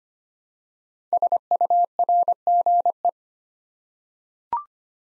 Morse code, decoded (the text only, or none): SURGE